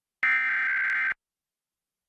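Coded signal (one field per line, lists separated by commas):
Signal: Emergency Alert System (SAME) tones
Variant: header bursts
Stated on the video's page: Mock Pennsylvania statewide EAS test with valid tones.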